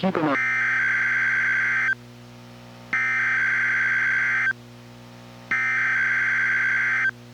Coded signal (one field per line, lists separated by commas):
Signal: Emergency Alert System (SAME) tones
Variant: header bursts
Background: speech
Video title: EAS #1122-1124: 1 NWR and 2 EAS Required Monthly Tests- Oct. 16, 2025- 10:16AM PDT